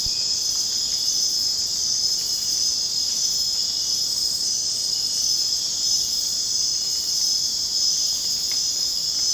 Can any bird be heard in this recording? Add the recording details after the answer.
no. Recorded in secondary vegetation near Puerto Asís, Putumayo, Colombia, on 27 June 2025 at 23:00. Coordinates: 0.484, -76.319. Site G074